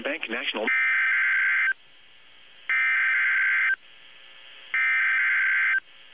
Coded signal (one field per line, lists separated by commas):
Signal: Emergency Alert System (SAME) tones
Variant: header bursts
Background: speech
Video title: EAS #1720-1724 - HURRICANE FORCE WIND WARNINGS TONED AS HUWs on KEC73 3-1-2018